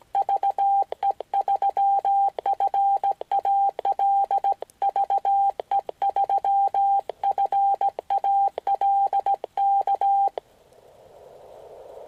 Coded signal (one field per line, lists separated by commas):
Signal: Morse code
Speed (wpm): 17 wpm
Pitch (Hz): 790 Hz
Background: none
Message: VE3FAL VE3FAL K